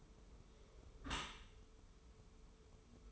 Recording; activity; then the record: daily activity, microphone in the room; close dishwasher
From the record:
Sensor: 1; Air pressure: 1015.0 hPa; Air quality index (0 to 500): 25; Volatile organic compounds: 0 ppm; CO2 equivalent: 504 ppm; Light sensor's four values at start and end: 13/30/12/14 and 13/30/12/14